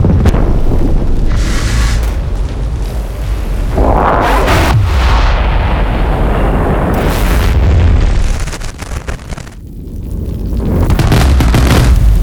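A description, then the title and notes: A fire roars, a dense, rumbling rush heavy in the low end with crackling and surging bursts throughout. Brighter whooshing flare-ups come around four and seven seconds, and the roar briefly thins near ten seconds before swelling back to full force. First Element - FUEGO. The fire - in all the energy and inherent violence of its nature.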